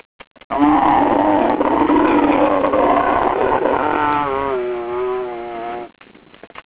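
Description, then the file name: Camel groaning call: a long, rough bellow with a buzzy harmonic tone that wavers and warbles toward the end, lasting about five seconds. "chameau"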